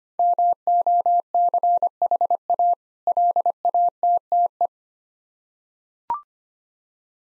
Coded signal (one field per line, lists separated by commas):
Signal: Morse code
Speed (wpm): 25 wpm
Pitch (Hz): 700 Hz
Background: none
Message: MOCHA LATTE